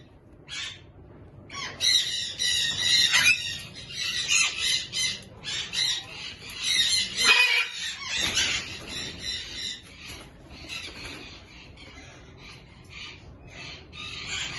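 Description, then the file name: Major Mitchell's cockatoo giving harsh, screechy squawks in irregular bursts, with quieter gaps. A pair, offered for sale. "par kakadu inka"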